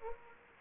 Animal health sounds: mosquito wingbeat signal from an infrared sensor; Anopheles gambiae

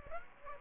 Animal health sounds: mosquito wingbeat signal from an infrared sensor; Aedes aegypti

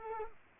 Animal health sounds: mosquito wingbeat signal from an infrared sensor; Culex quinquefasciatus

